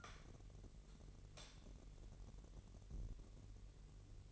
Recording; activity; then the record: daily activity, microphone in the room; light on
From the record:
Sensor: 4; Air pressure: 1012.8 hPa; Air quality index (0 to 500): 248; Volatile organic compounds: 4 ppm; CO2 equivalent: 1686 ppm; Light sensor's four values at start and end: 15/34/14/14 and 17/44/17/18